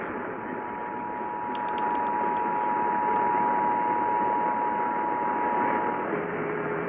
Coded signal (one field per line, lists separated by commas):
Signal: Emergency Alert System (SAME) tones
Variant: 853 and 960 Hz attention tone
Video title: December 2022 Texas Required Monthly Test (EAS #256-265)